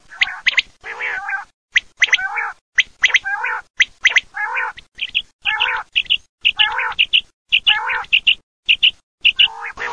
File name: QUAGLIAMF 154